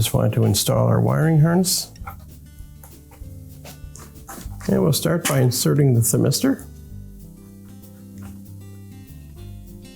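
Someone talks while a thermistor is lined up on a new water inlet valve housing of a Whirlpool washer, ready to be pressed in as the wiring harness is installed, with background music throughout. A few soft, short handling taps come through between the speech, but nothing has seated or clicked into place yet.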